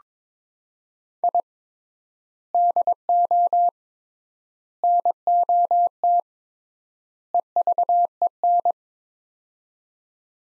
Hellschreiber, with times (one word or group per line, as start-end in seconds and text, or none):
none